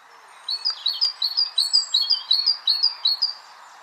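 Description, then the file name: Great tit singing a fast series of bright, high two-note phrases, repeated quickly for nearly three seconds, over soft background noise. "Parus major"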